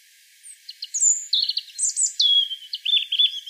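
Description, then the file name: European robin song: a brief, varied phrase of high thin whistles and buzzy notes, jumping up and down in pitch. "Erithacus rubecula"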